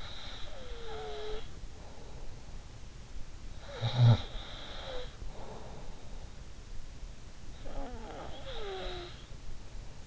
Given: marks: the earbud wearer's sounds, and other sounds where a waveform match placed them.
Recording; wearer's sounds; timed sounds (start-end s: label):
sounds in sleep by an in-ear microphone; breath, snoring breath
0.00-2.91 s: breath
2.91-10.07 s: snoring breath